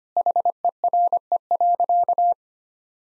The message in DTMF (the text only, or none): none